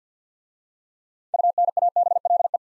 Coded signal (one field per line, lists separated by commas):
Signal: Morse code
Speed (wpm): 51 wpm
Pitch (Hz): 700 Hz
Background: none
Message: UNABLE